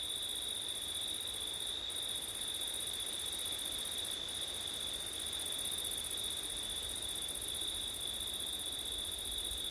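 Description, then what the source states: Cricket chorus, an unbroken high-pitched trill with a brighter shimmer higher up, brief dropouts in the top band, and gentle wind hiss below. Crickets on a windy September night; labelled ortif.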